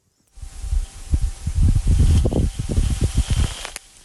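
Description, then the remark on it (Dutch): A recorded windstorm on Mars, about wind force 5 by Earth standards: low, rumbling wind buffets and roars in uneven gusts, with a broad breathy hiss above, like wind blowing straight into a microphone. It swells for a few seconds, then cuts off. “Proberen we nog een keer voor te stellen hoe dat is, een storm op Mars.”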